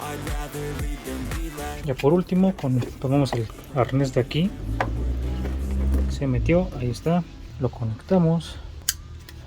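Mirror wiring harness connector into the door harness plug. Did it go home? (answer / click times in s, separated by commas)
yes / 8.9 s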